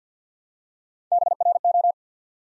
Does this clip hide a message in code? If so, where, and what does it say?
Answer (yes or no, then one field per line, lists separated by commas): yes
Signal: Morse code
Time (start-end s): 1.1-1.9 s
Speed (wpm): 50 wpm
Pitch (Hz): 700 Hz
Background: none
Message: BRO